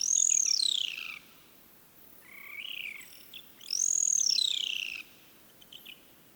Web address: andrewskeoch. Sooty Owls